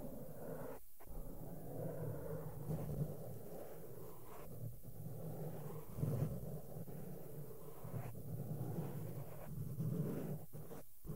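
Makeup brushes sweep over a microphone in a steady, soft, muffled rustle, with brief dropouts and low thumps from touches every second or two.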